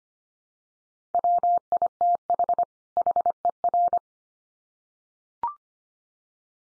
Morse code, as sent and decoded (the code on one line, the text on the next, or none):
.-- .. - .... / .... . .-.
WITH HER